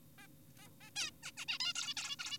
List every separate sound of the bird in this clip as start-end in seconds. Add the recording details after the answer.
0.18-0.27, 0.59-0.68, 0.81-0.90, 0.96-1.11, 1.24-1.32, 1.37-1.45, 1.48-1.58, 1.60-1.73, 1.76-1.94, 1.97-2.16, 2.19-2.38. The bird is an adult. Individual g4p5U